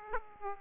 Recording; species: mosquito wingbeat signal from an infrared sensor; Aedes aegypti